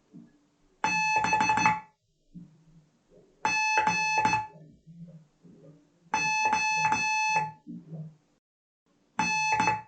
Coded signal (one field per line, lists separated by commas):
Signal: Morse code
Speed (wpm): 16 wpm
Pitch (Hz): 2600 Hz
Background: none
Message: B G O N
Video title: Amateur Radio with Kule Lesson 7